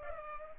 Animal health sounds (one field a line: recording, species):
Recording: mosquito wingbeat signal from an infrared sensor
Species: Culex pipiens